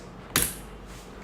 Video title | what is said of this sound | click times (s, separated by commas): How to install intel CPU on a matherboard. | should get this clicking sound that you have heard that means we have fixed the | 0.4 s